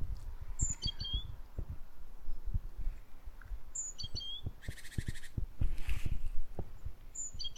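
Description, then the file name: Great tit calling, a sharp high note followed by rapid descending chirps, repeated about every three seconds, interrupted by short buzzy rattling bursts and steady low rumble. "Parus major"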